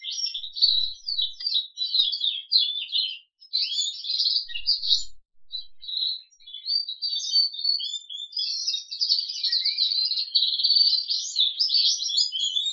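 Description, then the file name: Crested canary song, a long rapid run of high twittering trills and warbled notes with a few brief breaks. "audio kenari jambul"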